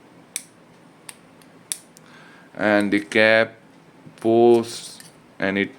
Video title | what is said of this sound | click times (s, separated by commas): Jinhao X750 Fountain Pen Review... | now this is a snap cap uh fountain pen as you can see and it has a very nice satisfying snap on in it | 0.4 s, 1.7 s